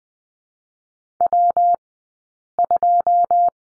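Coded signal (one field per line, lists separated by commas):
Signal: Morse code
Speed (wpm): 20 wpm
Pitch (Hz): 700 Hz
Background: none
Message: W2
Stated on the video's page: Morse code course lesson on the letter G in two-character groups, Farnsworth spacing 20/10 wpm.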